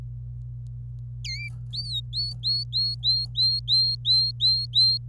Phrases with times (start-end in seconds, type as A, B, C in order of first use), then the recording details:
1.25-1.49 A, 1.72-4.97 B. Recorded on 26 April 2018 at 07:40. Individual llb3